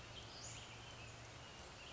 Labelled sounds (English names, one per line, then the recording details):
Western Flycatcher
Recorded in Sonoma County, California